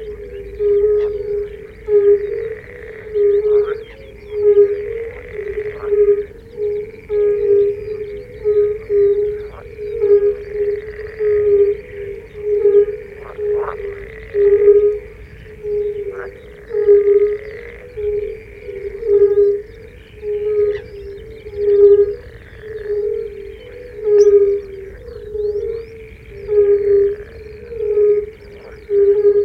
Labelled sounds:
Fire-Bellied Toad call
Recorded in the wild
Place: Groß Nemerow, Mecklenburg-Vorpommern, DE
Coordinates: 53.448, 13.219
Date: 1980-06-23 22:00
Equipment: Nagra III BH, Sennheiser MD 21, parabola
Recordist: Schubert, Michael
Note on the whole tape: Rotbauchunken

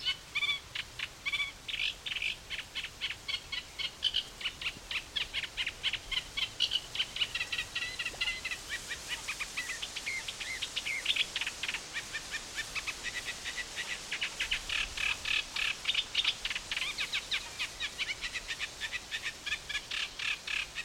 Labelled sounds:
Eurasian Reed Warbler
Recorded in the wild
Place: Mühlenbeck, Brandenburg, DE
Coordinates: 52.667, 13.37
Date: 1992-06-27 13:39
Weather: sonnig, 22-26°C
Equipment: Marantz CP 430, Sennheiser ME 80, Kopie Tesla B 116
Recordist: Tembrock, Günter
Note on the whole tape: Mühlenbecker See (Südufer); Gesang ca. 4 min (sehr gut trotz leichtem Wind)

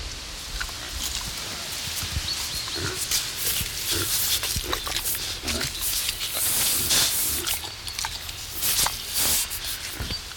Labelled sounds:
Collared Peccary
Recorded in captivity
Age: adult
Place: Zoo Berlin, Berlin, DE
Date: 1993-10-16 10:25
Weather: heiter,3-8°C
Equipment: Marantz CP 430, Sennheiser MKH 416 T, Kopie Uher Variocord 263
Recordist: Tembrock, Günter

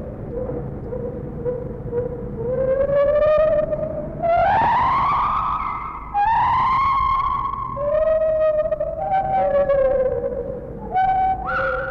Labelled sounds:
Lar Gibbon
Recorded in captivity
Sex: pair
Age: adult
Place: Zoo Berlin, Berlin, DE
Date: 1961-02-25 14:00
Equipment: Minifon, Kopie Smaragd
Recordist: Tembrock, Günter
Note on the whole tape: Weibchen mit 14 Tage altem Jungen, Duette des Paares, Weibchen beginnt Männchen fällt mit hellen Lauten (auch Triller) ein. Innenaufnahme, zum Teil etwas übersteuert

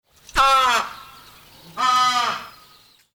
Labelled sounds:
Southern Rockhopper Penguin
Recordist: Tembrock, Günter
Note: Rufe eines Männchens

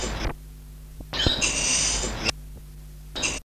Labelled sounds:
Black Lory call
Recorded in captivity
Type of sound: call
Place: Vogelpark Walsrode, Niedersachsen, DE
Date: 1977-09-02
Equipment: Halbspur, 9,5 cm/s
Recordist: Lütgens, Hans
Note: Rufe

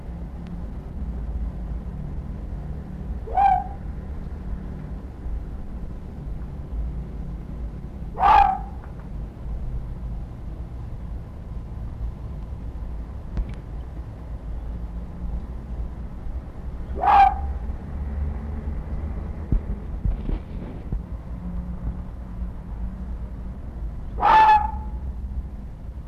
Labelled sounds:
Arctic Fox
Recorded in captivity
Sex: male
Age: adult
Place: Zoologisches Institut der HUB, Berlin, DE
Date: 1960-12-24 12:45
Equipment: Minifon, Kopie Smaragd
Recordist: Tembrock, Günter

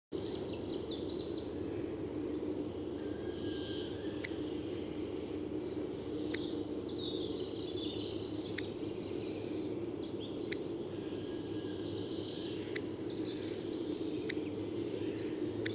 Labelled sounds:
Hawfinch call
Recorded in the wild
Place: Rheinsberg, Insel Rügen, Mecklenburg-Vorpommern, DE
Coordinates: 53.407, 13.163
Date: 1980-04-12
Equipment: Nagra III BH, Sennheiser MD 21, parabola
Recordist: Schubert, Michael
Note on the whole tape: Rufe Kernbeißer

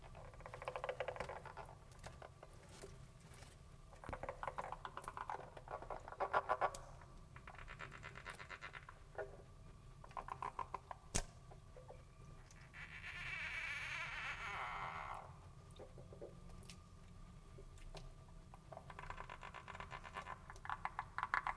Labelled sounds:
Edible Frog call
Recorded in captivity
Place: Zoologisches Institut der HUB, Berlin, DE
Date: 1959-01-02 16:30
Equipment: Reporter, Vollspur
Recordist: Tembrock, Günter
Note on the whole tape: Kaltraum: in großem Aquarium dicht gedrängt. Abwehrlaute. Etwa in Mitte des Bandes unrhythmischer hell gepreßter Laut eines sterbenden Exemplars, das dabei Hinterbeine streckt und auf Rücken fällt. Übrige Laute wohl bei Kontakt

